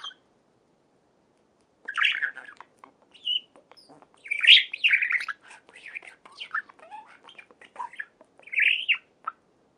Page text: صدای مرغ عشق برای زنگ گوشی از ساعد نیوز